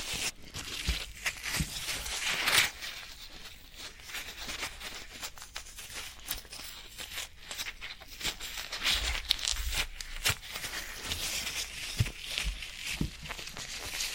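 Floral foam being handled, giving a dense, crackly crumbling texture that runs through the whole clip. Many small sharp snaps and crunches come in quick, irregular clusters, mostly bright and dry, with louder bursts around 2.5, 9 to 10, and 12 seconds.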